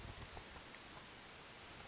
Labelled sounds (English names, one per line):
California Towhee